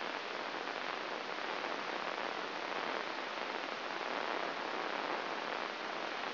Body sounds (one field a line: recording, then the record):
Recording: brain microelectrode recording played as sound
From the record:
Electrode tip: inside the subthalamic nucleus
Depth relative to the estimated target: 4 mm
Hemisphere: right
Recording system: AlphaMap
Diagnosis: Parkinson's disease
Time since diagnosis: 7 years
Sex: female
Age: 49 years